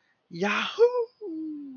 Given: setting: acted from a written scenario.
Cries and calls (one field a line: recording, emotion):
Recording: vocal sound without words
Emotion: triumph